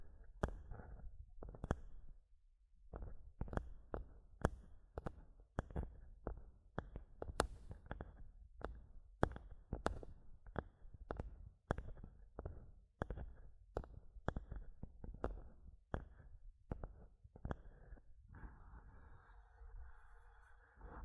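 Tapping and scratching on a microphone: sharp, irregular knocks land every half second or so, with dense scraping rustle filling the gaps. A brief quiet pause near two seconds, and the last few seconds shift to a steadier, duller rubbing.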